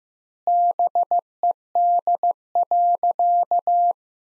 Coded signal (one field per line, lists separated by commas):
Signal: Morse code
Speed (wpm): 15 wpm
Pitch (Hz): 700 Hz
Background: none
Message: BED.